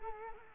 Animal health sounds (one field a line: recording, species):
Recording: mosquito wingbeat signal from an infrared sensor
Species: Culex quinquefasciatus